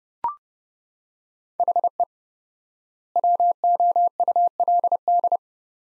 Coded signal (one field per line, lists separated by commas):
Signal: Morse code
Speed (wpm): 31 wpm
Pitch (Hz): 700 Hz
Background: none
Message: HE WOULD